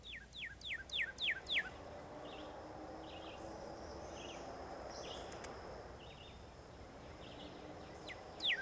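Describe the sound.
Northern cardinal song, a rapid series of about six clear downslurred whistles, then faint high notes over steady background hiss, and one more downslurred whistle at the end.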